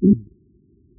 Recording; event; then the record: neck accelerometer signal played as sound; no cough (speech, laughter, throat clearing or background)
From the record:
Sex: male